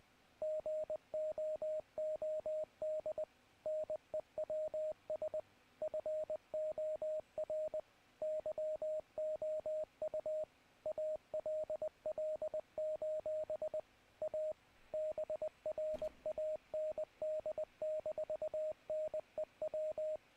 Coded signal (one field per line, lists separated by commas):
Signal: Morse code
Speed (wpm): 19 wpm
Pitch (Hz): 620 Hz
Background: radio noise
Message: GOOD NEWS FOR YOU ALL: A BRAND-NEW